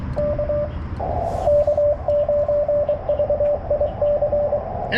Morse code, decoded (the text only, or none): K K9VIC